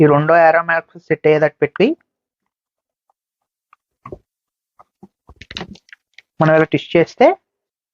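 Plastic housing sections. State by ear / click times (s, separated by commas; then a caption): not seated / none. A soundbar section is lined up by its two arrow marks and twisted onto the main bar to twist-lock it in place. Someone talks, then there are soft handling clicks and taps between about 4 and 6 seconds before more talking. Nothing has seated or clicked into place yet.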